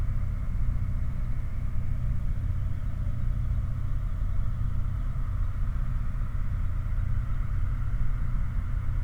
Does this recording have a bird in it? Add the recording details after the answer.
no. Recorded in the Prudhoe Bay oil fields, Alaska, on 16 August 2019 at 00:18. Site 29